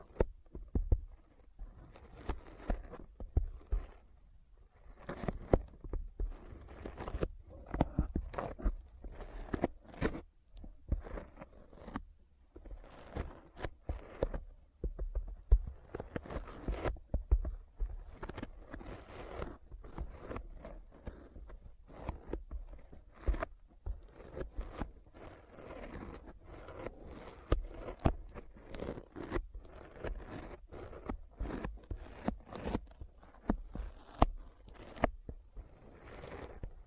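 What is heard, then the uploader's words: Sticky finger sounds fill the clip: a dense, irregular run of short tacky pops, peels and scrapes, several per second, with no pauses. Each snap is sharp and bright, over a faint low rumble, and the pace and loudness stay fairly even throughout. ASMR Intense Sticky Finger Sounds (No Talking).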